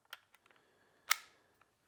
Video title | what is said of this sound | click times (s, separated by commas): TP22 SpeedTrigger Installation | Clicks in place | 1.1 s